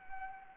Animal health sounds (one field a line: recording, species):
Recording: mosquito wingbeat signal from an infrared sensor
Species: Anopheles arabiensis